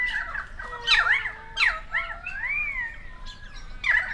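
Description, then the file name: Currawongs uttering separate loud harsh squawks, a drawn-out whistle that rises then falls, and low steady whistled tones beneath. Recorded on 28 May 2013. "130528 Currawongs"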